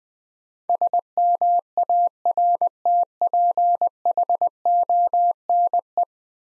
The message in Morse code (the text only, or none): SMARTPHONE